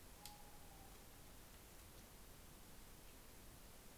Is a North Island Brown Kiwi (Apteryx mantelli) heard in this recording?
no